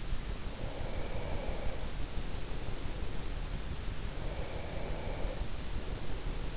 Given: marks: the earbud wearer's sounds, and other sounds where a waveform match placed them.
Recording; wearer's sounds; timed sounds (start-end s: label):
sounds in sleep by an in-ear microphone; breath
0.53-3.38 s: breath
4.28-6.48 s: breath